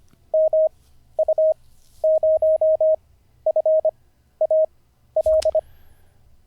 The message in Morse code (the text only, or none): MU0FAL